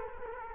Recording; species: mosquito wingbeat signal from an infrared sensor; Culex quinquefasciatus